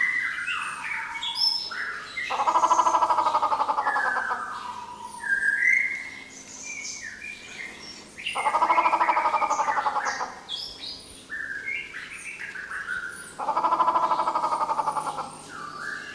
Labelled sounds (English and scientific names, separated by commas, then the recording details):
White-rumped Shama (Copsychus malabaricus)
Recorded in captivity
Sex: male
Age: adult
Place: Zoo Berlin, Berlin, DE
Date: 1997-01-18 14:13
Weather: bedeckt, -1°C
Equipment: Nagra SN, Kopie Uher 4000 Report Monitor
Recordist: Tembrock, Günter